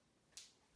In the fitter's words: push and twist until you hear a click. And that's as simple as that.